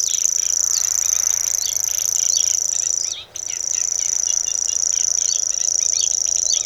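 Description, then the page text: Common grasshopper warbler reeling song: a steady, unbroken high insect-like trill held throughout, briefly dipping near three seconds, with other songbirds chattering and whistling underneath. Song, recorded at Bebertal, Germany, during a sound recording camp near Süplingen near Magdeburg, East Germany, in June 2008. "cgrasshw locustella naevia. Singwarte nature sound recording camp – Patrick Franke. Süplingen near Magdeburg, East-Germany"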